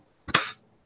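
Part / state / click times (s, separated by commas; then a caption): hinged metal cover on a handheld device body / seated / 0.3 s. Someone closes the hinged metal cover of a handheld device, likely a vape, whose body is all one piece of metal. A sharp click at 0.3 s is followed by a louder, bright metallic snap that rings briefly and fades by about 0.6 s. The cover snaps shut into place.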